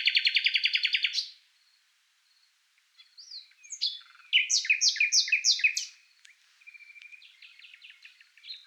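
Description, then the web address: Common nightingale song: a loud rapid trill of repeated notes for a second, a pause, then varied whistles and a fast series of sharp chirps, then softer twitters. "Ruiseñor común"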